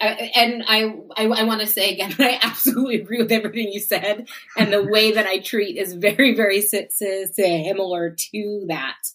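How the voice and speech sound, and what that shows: A woman, an adult who stutters, speaks in a conversational, mostly fluent flow, with a repeated "I, I" at the start and a brief part-word repetition on "similar." These are mild stuttering-like disfluencies. She was taught fluency shaping as therapy for her stuttering when younger.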